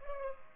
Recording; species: mosquito wingbeat signal from an infrared sensor; Culex pipiens